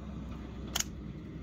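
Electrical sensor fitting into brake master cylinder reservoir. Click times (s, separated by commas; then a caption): 0.8 s. A plastic electrical fitting, the brake fluid level sensor, is pushed with its three exposed pins facing up into the reservoir of a new brake master cylinder on a 1987–1996 Ford F-150, before the harness connector is attached. Over a steady low background hum, two sharp, bright clicks land close together at 0.8 s and 0.8 s as the fitting snaps into place and is seated.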